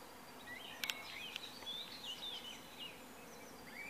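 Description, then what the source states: Bird whistles, clear high notes and short trills strung together, with two sharp clicks early on and other faint chirps in the background. Recorded in March 2014.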